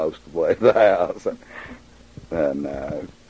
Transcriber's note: laughs